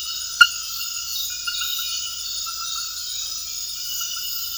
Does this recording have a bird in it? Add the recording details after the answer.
no. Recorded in secondary vegetation near Puerto Asís, Putumayo, Colombia, on 19 February 2024 at 01:00. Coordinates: 0.481, -76.323. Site G6376